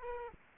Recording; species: mosquito wingbeat signal from an infrared sensor; Aedes aegypti